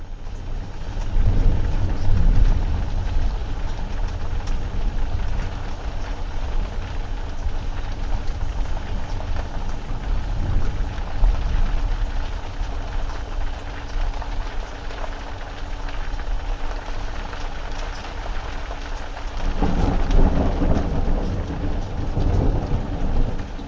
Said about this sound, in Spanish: en el propio Templo de Devoz un día que andaba yo haciendo un vídeo por allí y se desató una gran tormenta que incluso me impidió salir del propio templo donde estaba dentro. Así que nos quedamos allí hasta que pasaron los rayos.